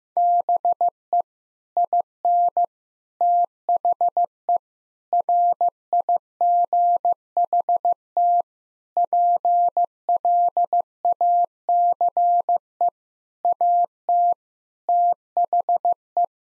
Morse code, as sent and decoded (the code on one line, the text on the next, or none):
-... . / .. -. / - .... . / .-. .. --. .... - / .--. .-.. .- -.-. . / .- - / - .... .
BE IN THE RIGHT PLACE AT THE